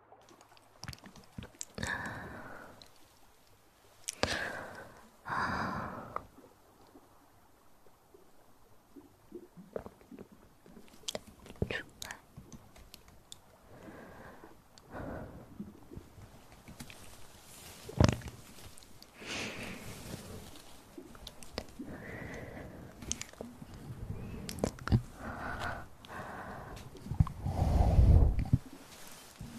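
Ear massage and mouth sounds: irregular bursts of rubbing, crinkling and wet clicks come and go throughout, some sharp and bright, others soft and muffled. Quieter gaps separate the flurries, with a heavy low thump near the end.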